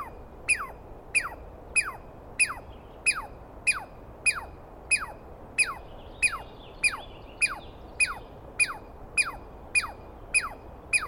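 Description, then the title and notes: Douglas squirrel calling with sharp, loud chirps that each slide steeply downward, repeated steadily almost twice a second throughout, with faint background hiss. Wild squirrel recorded at dawn on 21 April 2017 in the East Cascades, screaming persistently at the recordist; identified by sound, not clearly seen. "On the morning of 21 April, 2017, I set up my microphones and recorder for a nice dawn recording in the East Cascades. I was started awake by a screaming Douglas Pine Squirrel"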